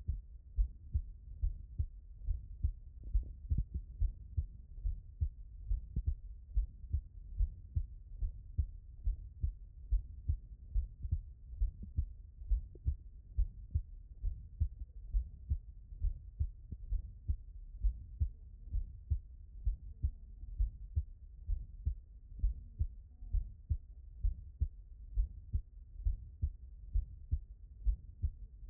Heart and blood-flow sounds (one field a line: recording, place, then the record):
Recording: heart sounds by stethoscope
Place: tricuspid valve (TV)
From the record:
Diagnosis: non-HFrEF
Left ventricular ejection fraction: 58%